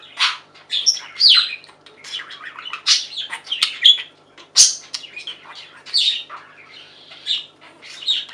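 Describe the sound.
Budgerigar chattering warble, mixing thin whistled notes, buzzy chirps and squeaks in an uneven, nonstop stream.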